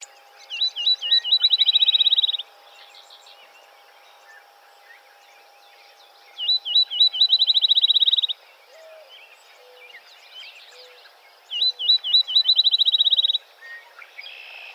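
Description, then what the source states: Field sparrow song, three bouts of rapid slurred whistled notes several seconds apart, over a faint steady hum. Recorded 3 July 2007.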